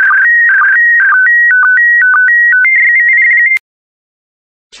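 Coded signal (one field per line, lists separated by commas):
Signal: SSTV (slow-scan television)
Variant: PD120 mode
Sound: warbling tones stepping between two pitches, with short low blips about twice a second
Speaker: complete. You can now check your decoded image against the picture that is shown on the video.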